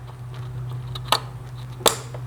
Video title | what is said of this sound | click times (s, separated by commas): Camshaft Position Sensor Replacement Nissan 4.0L V6 Xterra, Frontier, Pathfinder | And you should hear it snap into place. | 1.1 s, 1.9 s